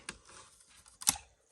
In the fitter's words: They just snap in place